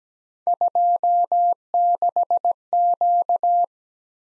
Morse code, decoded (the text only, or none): 26Q